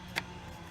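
A plastic roof rail clip from a Honda Genuine Accessories roof rail (08L02 T0A 110) on a 2013 Honda CR-V is pushed into the roof channel. A sharp click sounds at 0.2 s over a low steady hum, and the piece is seated in place.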